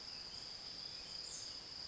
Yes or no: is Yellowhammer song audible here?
no